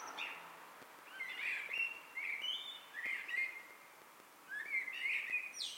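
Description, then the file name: Blackbird singing a run of mellow whistled notes that rise and fall, broken by brief high scratchy flourishes, with soft background noise. "Turdus merula"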